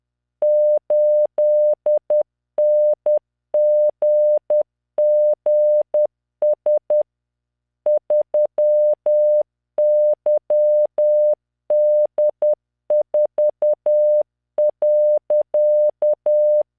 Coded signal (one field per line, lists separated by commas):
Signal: Morse code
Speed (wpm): 10 wpm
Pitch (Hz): 600 Hz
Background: none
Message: 8NGGS 3YD4.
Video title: tamanのモールス練習動画95（モールス信号 速度10WPM morse code)